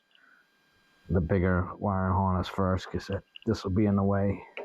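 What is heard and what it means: Someone talks while handling the larger plastic wire-harness connector for a 2024-and-up Harley-Davidson heated grips install, about to push it into the handlebar switch housing; the harness goes in first because it would otherwise be in the way. Only a faint tick near 0.2 s sounds under quiet background hum before the speech. Nothing has seated or clicked yet.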